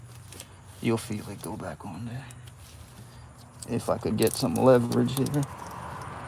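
Someone talks while pushing and levering a new spark plug wire boot onto cylinder one's spark plug on a 2002 Ford Mustang, with faint brief handling sounds near 0.3 and 0.4 s. The clip ends before the boot goes home; nothing has seated or clicked yet.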